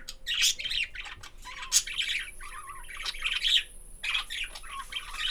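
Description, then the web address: Budgerigar chirping, a busy stream of bright warbled chirps and short squawky notes, with barely a pause throughout. "allathangok parasztudvar hullamospapagaj papagaj csiviteles"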